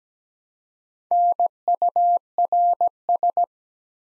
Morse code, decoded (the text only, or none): NURS